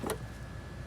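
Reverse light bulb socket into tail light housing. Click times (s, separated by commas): 0.1 s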